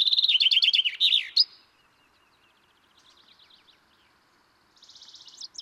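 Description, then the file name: Common chaffinch song: the end of a loud descending phrase with a flourish, faint phrases, then a new trill starting. "Fringilla coelebs"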